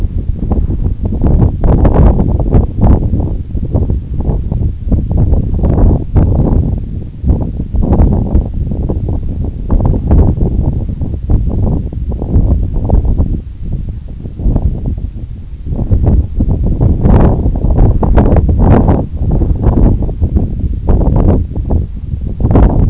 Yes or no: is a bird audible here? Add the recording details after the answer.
no. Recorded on Arctic tundra, site NAIT-1, on 2 July 2019. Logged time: 02:00